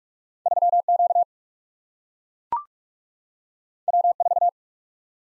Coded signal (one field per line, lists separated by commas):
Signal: Morse code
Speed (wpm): 44 wpm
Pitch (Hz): 700 Hz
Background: none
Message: 3 Q W 4